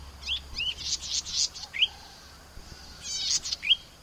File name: suara cici merah omkicau